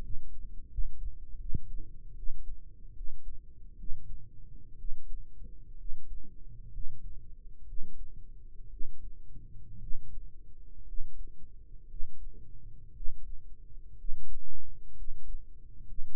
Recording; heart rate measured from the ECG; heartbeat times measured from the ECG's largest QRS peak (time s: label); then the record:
heart sounds by microphone in the right ear; 63 bpm
0.66 s: heartbeat
1.35 s: heartbeat
2.12 s: heartbeat
2.91 s: heartbeat
3.74 s: heartbeat
4.74 s: heartbeat
5.74 s: heartbeat
6.68 s: heartbeat
7.63 s: heartbeat
8.67 s: heartbeat
9.76 s: heartbeat
10.82 s: heartbeat
11.84 s: heartbeat
12.90 s: heartbeat
13.93 s: heartbeat
14.92 s: heartbeat
15.82 s: heartbeat
From the record:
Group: healthy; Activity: rest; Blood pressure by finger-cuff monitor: 109/56 mmHg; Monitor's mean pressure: 66 mmHg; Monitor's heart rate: 60 bpm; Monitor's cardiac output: 7.2 L/min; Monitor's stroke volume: 118 mL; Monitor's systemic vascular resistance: 650 dyn s/cm5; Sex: male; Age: 22 years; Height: 185 cm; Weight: 112.4 kg